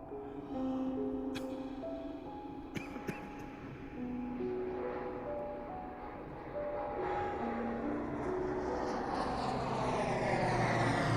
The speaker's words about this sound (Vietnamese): Máy bay vừa hạ cánh xuống sân bay